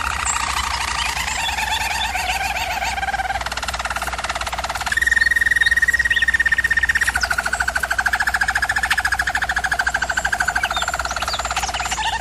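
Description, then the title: Canary, German Roller type, rolling through several tours: a rapid trill, a brief louder pure-toned stretch, then a long even roll to the end. Domestic canary song used for canary training. "German Roller Canary Singing - Canary Training Vid"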